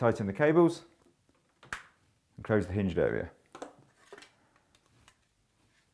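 Someone talks while handling the plastic inner cover of a Vent-Axia Silent Fan bathroom extractor fan after wiring it and closing the hinged area, with a few short, sharp handling taps in the pauses between words. The cover has not snapped onto the fan body yet; nothing has seated or clicked by the end of the clip.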